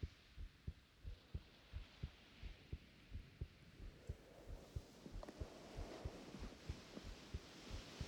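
A woman's heartbeat, heard with an ear pressed against her chest: a steady, normal heartbeat.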